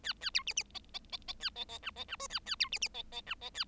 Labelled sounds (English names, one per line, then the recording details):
Bengalese Finch song
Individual Bird7